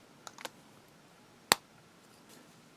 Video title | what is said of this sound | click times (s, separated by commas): Episode 487 Lanbitou | snap click and it's on and | 1.5 s